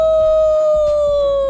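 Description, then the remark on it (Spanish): A wolf cub's high, steady howl holds one clear note for about a second and a half, sliding slightly downward in pitch, loud and alone with no talking. “Los lobeznos también.”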